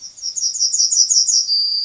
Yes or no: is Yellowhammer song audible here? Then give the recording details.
yes. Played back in grassland. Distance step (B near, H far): B. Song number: 042